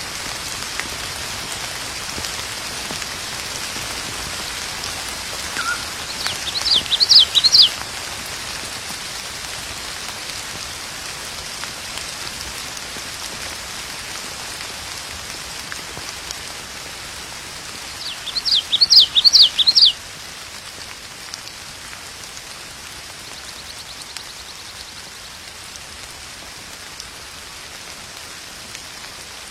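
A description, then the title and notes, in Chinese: Steady mountain rain hisses throughout, while a bird sings two short, bright bursts of chirps, near seven seconds and again around nineteen. 山雨鸟鸣。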